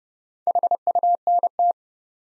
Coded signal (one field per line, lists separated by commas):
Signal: Morse code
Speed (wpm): 32 wpm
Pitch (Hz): 700 Hz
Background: none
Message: HUNT